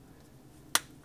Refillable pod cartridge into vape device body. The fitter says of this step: and then push down at the back till it clicks, and that's us.